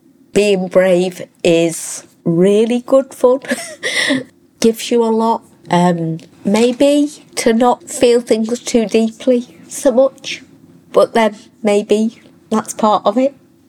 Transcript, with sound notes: being brave is really good fun - [laughs] gives you a lot. Maybe to not feel things too deeply so much, but that maybe that's part of it.